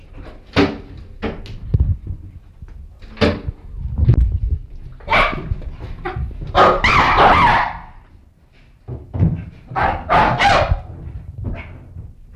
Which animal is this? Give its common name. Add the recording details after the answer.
Chimpanzee. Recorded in captivity. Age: adult. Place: Zoo Leipzig, Sachsen, DE. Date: 1965-03-26 17:45. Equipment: Telefunken Magnetophon 300, Sennheiser MD 421, Transistorverstärker. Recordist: Tembrock, Günter. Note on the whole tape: Laute bei Ausweichen (z.T. Zähneentblößen) vor Beobachter (in ihren Schlafräumen)